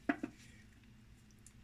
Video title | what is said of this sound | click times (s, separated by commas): Comment nettoyer la valve egr sur Honda pilot | Elle est bien clipsée. | 0.1 s